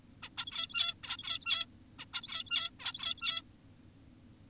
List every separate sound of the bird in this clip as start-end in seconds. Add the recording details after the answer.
0.23-0.29, 0.38-0.94, 1.04-1.66, 1.99-2.05, 2.14-2.70, 2.80-3.42. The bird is an adult. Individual g17y2U